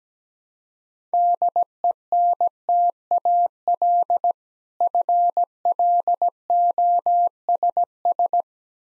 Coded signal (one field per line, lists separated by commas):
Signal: Morse code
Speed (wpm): 17 wpm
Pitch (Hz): 700 Hz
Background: none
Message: DENTAL FLOSS